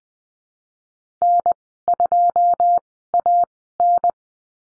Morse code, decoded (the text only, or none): N2AN